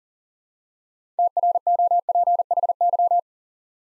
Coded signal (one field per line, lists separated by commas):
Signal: Morse code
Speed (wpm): 39 wpm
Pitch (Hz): 700 Hz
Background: none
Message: TROPHY